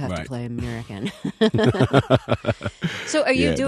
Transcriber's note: soundbite of laughter